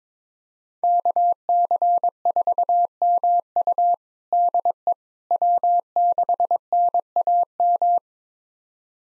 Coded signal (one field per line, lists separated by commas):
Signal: Morse code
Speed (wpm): 22 wpm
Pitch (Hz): 700 Hz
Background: none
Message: KC4MU DE W6NAM